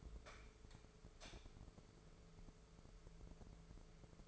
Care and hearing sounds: daily activity, microphone in the room; light on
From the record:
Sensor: 5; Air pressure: 1014.8 hPa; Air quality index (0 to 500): 171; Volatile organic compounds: 6 ppm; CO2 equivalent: 1879 ppm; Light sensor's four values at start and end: 107/256/109/120 and 96/231/97/106

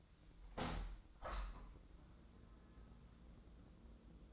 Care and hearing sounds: daily activity, microphone in the room; open window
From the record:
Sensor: 3

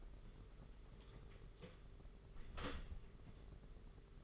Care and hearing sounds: daily activity, microphone in the room; close door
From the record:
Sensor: 4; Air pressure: 992.4 hPa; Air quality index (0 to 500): 113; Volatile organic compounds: 21 ppm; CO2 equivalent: 2730 ppm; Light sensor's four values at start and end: 20/70/26/27 and 21/73/26/28

